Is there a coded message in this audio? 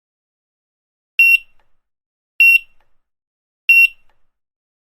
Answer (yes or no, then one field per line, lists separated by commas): no